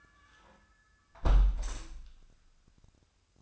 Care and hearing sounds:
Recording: daily activity, microphone in the room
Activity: close window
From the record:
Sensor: 2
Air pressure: 1004.4 hPa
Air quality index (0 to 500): 84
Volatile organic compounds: 2 ppm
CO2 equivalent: 1003 ppm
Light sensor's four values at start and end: 6/14/6/6 and 6/14/5/6

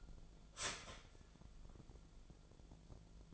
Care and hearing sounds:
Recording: daily activity, microphone in the room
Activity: start toaster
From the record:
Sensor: 5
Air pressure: 1000.4 hPa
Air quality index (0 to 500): 135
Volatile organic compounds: 2 ppm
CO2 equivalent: 1059 ppm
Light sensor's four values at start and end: 76/178/75/81 and 76/177/75/81

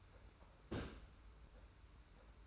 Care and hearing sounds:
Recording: daily activity, microphone in the room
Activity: place on stove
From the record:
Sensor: 2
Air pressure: 990.9 hPa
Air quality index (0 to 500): 109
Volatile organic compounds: 47 ppm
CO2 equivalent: 3256 ppm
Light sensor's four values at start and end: 35/103/40/39 and 35/103/40/39

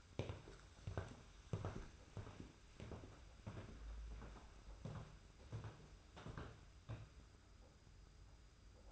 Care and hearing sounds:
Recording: daily activity, microphone in the room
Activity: walk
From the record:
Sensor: 2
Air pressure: 991.5 hPa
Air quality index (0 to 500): 188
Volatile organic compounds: 1000 ppm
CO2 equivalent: 6124 ppm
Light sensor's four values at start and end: 26/84/32/31 and 30/92/36/34

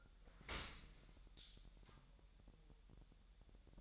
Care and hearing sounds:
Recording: daily activity, microphone in the room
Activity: open dishwasher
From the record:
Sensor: 3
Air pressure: 1000.5 hPa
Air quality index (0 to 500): 248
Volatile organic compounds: 174 ppm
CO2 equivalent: 4121 ppm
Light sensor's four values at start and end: 11/25/10/10 and 11/25/10/10

